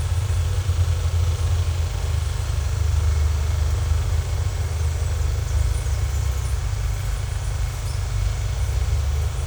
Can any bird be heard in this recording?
no